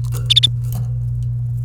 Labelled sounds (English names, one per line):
Domestic Canary song